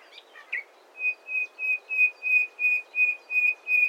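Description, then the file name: Common nightingale song: a few soft notes, then a steady series of about ten pure whistled notes on one pitch, about three a second. "Luscinia megarhynchos"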